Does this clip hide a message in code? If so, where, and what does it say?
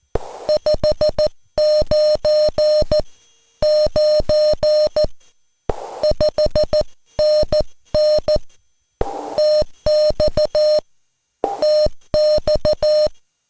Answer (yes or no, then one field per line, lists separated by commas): yes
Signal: Morse code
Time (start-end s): 0.5-13.1 s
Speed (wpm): 14 wpm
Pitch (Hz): 610 Hz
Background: music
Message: 599 5NN TX TX